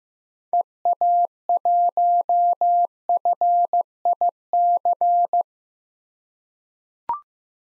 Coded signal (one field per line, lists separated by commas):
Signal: Morse code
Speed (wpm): 15 wpm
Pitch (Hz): 700 Hz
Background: none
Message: EA1FIC